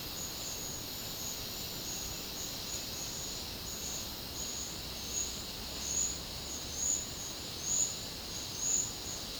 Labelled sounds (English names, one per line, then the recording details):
none
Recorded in pastures near Puerto Asís, Putumayo, Colombia, on 29 June 2025 at 10:30
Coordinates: 0.496, -76.326
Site GP01